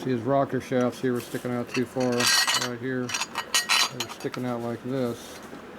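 Metal rocker shafts sticking out too far from the rocker support of an 88ci Evo engine (1984–1999) are handled and pushed all the way into their bores while someone talks. Light metallic clinks and scraping come through under the talking. Nothing has seated or clicked yet.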